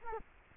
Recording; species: mosquito wingbeat signal from an infrared sensor; Culex quinquefasciatus